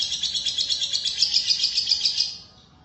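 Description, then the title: Lovebird trill, a rapid shrill chattering burst of high notes lasting about two seconds, then fading out. "BM Suara Burung Lovebird"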